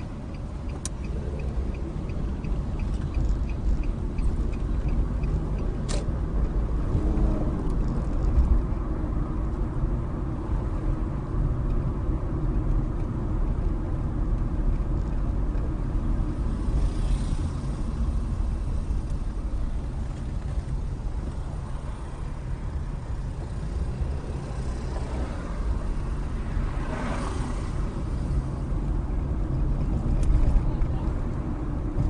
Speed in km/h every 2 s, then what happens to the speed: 16, 23, 31, 37, 37, 37, 35, 34, 27, 19, 13, 16, 24, 29, 32, 34.
0-6 speeds up to 37. 6-14 steady at about 37. 14-20 brakes to 13. 20-32 speeds up to 34.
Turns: 0-4, 17-22.